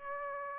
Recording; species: mosquito wingbeat signal from an infrared sensor; Aedes aegypti